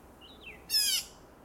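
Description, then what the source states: Mauritius bulbul giving a short rasping buzzy call, preceded by a soft slurred whistled note from a bird, over faint hiss. Recorded on the Macchabée trail, Mauritius.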